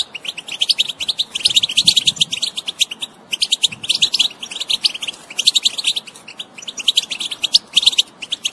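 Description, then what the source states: European goldfinch song, dense bright twittering phrases repeated with brief gaps, notes fast and buzzy-edged throughout. Wild bird.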